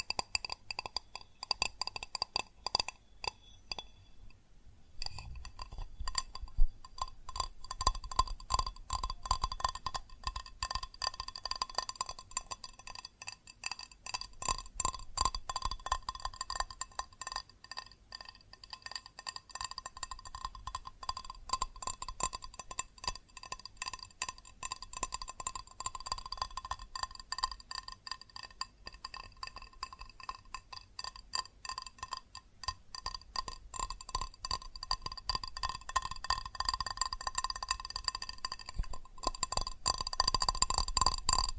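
Fast, dense tapping on glass and ceramic objects, a rapid stream of bright clinks with ringing tones. A brief pause comes near five seconds, then the tapping resumes, irregular at first and growing steadier and busier toward the end.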